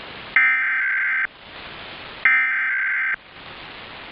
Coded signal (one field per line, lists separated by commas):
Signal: Emergency Alert System (SAME) tones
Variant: header bursts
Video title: (Fail?) EAS Required Monthly Test on Fox 5 Atlanta (WAGA-HD) (2/21/2024)